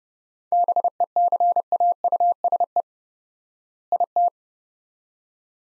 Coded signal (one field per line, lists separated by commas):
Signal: Morse code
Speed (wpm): 32 wpm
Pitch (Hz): 700 Hz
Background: none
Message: BECAUSE IT